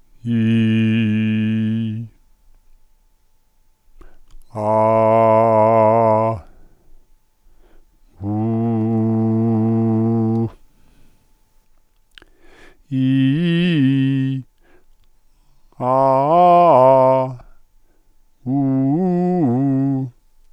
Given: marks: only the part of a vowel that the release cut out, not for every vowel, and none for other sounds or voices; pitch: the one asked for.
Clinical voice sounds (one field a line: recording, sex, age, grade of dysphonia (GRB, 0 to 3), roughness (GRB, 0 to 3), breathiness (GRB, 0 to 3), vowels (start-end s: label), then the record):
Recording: sustained vowels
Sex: male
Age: 60 to 69 years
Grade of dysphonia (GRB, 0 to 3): 0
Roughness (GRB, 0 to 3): 0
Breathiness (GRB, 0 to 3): 0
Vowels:
0.33-1.90 s: vowel /i/, low pitch
4.69-6.25 s: vowel /a/, low pitch
8.34-10.38 s: vowel /u/, low pitch
12.96-14.33 s: vowel /i/, low-high-low pitch
15.88-17.20 s: vowel /a/, low-high-low pitch
18.51-19.97 s: vowel /u/, low-high-low pitch
From the record:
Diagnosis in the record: healthy voice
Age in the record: 63 years